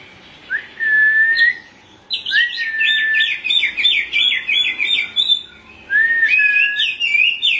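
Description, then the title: Oriental magpie-robin song with a steady whistled note, then a fast rattling series of choppy high notes, followed by another sweet rising whistle. Chirping song (kicauan) of the bird. "Suara Kicauan Burung Kacer Durasi Panjang"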